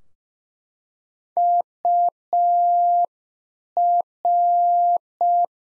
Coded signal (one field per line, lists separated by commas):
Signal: Morse code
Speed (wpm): 5 wpm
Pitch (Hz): 700 Hz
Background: none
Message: UR